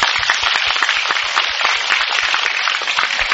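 A crowd applauds steadily, many hands clapping in a dense, continuous patter that stays loud and even for a few seconds with no voices over it.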